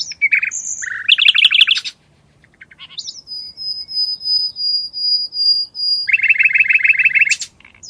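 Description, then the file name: Bird calls open with buzzy trills, followed by a long steady high whistle held for several seconds, then a rapid rattling trill to finish. "ptica"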